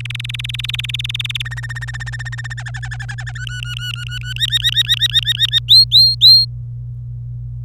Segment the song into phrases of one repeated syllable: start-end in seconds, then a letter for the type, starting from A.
0.00-1.42 A, 1.45-2.54 B, 2.57-3.32 C, 3.35-4.33 D, 4.36-5.59 E, 5.68-6.45 F